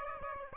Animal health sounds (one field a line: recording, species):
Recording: mosquito wingbeat signal from an infrared sensor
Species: Aedes aegypti